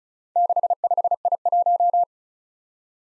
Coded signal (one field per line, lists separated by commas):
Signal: Morse code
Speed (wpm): 36 wpm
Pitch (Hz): 700 Hz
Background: none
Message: 65I1